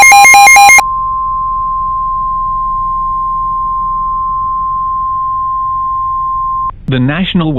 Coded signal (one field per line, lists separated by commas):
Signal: Emergency Alert System (SAME) tones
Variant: 1050 Hz attention tone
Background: speech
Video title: EAS Mock - Severe Thunderstorm Warning (National Weather Service Charleston, SC)